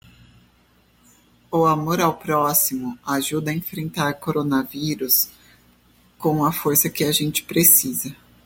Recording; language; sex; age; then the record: spoken sentence; Brazilian Portuguese; female; 30 to 39 years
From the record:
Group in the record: control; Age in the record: 39 years